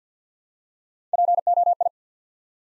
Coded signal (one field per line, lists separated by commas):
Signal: Morse code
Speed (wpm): 48 wpm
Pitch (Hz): 700 Hz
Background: none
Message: POI